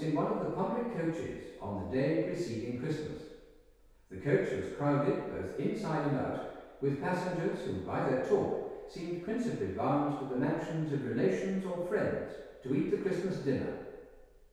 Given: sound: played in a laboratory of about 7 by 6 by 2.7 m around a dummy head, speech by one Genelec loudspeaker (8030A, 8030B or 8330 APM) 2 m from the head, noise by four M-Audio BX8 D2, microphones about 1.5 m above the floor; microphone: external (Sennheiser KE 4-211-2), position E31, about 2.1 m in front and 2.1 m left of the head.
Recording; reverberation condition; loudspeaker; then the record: male speech in English; high; in front (0 degrees)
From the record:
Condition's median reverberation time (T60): about 1300 ms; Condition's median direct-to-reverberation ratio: about -4.0 dB